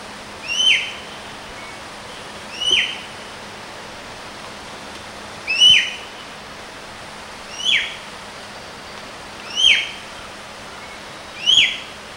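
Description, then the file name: Javan green magpie calls: six sharp, shrill notes with a quick upward flick, repeated about every two seconds over steady background hiss. "suara burung cissa thalassina ekek keling"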